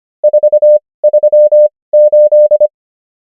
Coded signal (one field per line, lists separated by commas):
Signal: Morse code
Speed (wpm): 25 wpm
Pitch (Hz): 600 Hz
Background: none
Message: 4 3 8